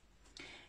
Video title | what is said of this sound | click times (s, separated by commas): Retirer des pressions en plastique sans effort avec le "set de démontage" de chez Prym | qui est plus petite, j'essaye de l'enclencher. Et là, je vois tout de suite, effectivement, elle s'enclenche bien dans ma pression femelle. | 0.4 s